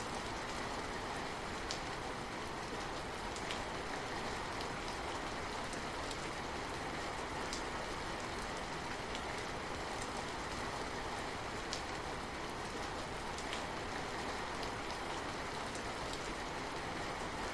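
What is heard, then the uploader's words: Steady rainfall pours down in a dense, even hiss that holds at one level for the whole stretch. Brighter drops tap and spatter on a surface every second or two, over a soft low rumble underneath. Relaxing Rain On A Majestic & Peaceful Night. The gentle patter of raindrops. Ambient sound of rainfall.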